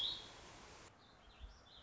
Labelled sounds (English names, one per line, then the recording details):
Warbling Vireo
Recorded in Sonoma County, California